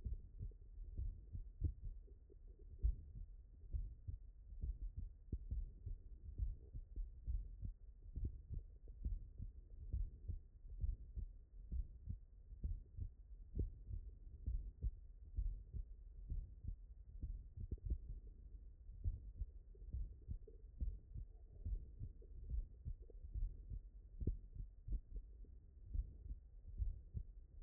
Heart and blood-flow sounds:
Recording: heart sounds by stethoscope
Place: tricuspid valve (TV)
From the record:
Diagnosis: non-HFrEF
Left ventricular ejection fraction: 74%

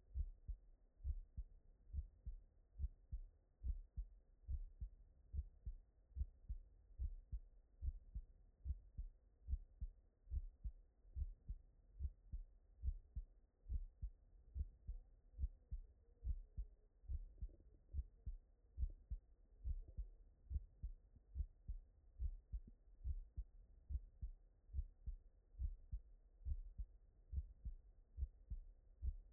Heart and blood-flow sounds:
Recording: heart sounds by stethoscope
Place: tricuspid valve (TV)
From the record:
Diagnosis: non-HFrEF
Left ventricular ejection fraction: 64%

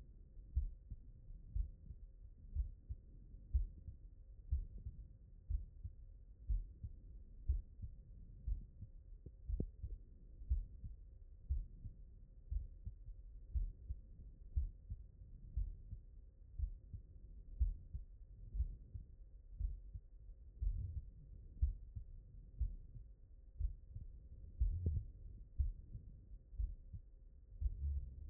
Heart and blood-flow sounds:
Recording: heart sounds by stethoscope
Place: mitral valve (MV)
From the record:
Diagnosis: non-HFrEF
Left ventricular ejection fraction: 71%

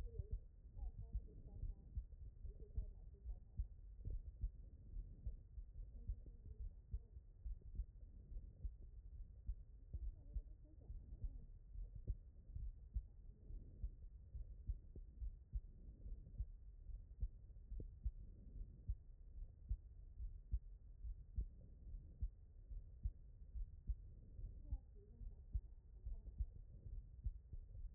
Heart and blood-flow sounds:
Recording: heart sounds by stethoscope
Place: pulmonary valve (PV)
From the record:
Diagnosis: non-HFrEF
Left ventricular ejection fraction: 63%

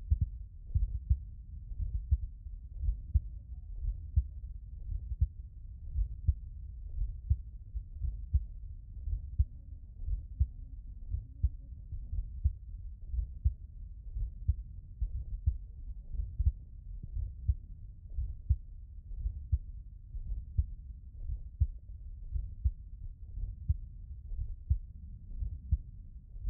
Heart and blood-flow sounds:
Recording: heart sounds by stethoscope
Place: tricuspid valve (TV)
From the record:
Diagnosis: non-HFrEF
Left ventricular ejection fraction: 58%

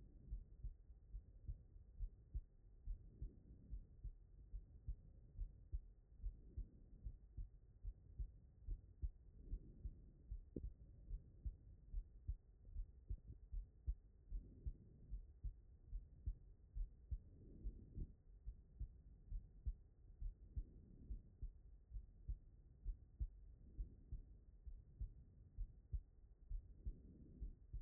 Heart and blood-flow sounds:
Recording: heart sounds by stethoscope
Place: pulmonary valve (PV)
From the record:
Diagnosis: non-HFrEF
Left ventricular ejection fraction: 74%

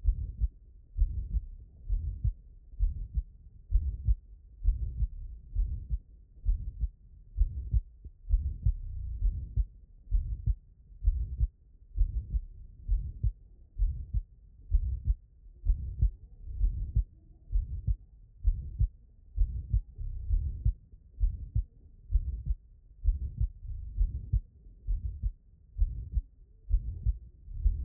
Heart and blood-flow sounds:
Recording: heart sounds by stethoscope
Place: pulmonary valve (PV)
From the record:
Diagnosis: non-HFrEF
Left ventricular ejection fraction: 63%

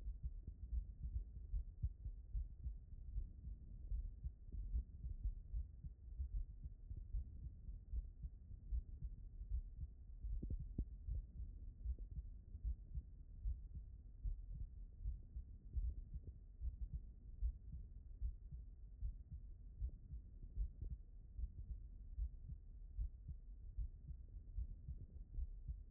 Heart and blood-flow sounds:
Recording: heart sounds by stethoscope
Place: aortic valve (AV)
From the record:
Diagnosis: non-HFrEF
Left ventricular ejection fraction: 75%

